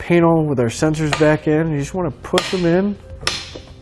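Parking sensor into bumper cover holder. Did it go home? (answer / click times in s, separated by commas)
yes / 3.3 s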